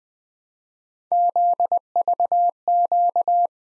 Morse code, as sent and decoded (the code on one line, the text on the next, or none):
--.. ...- --.-
ZVQ